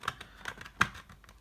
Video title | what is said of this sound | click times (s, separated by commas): Bounty by Constructo Part 2 Frame Prep and Deck Planking | clicking into position | 0.8 s